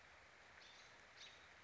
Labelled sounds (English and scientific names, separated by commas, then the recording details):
American Robin (Turdus migratorius)
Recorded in Sonoma County, California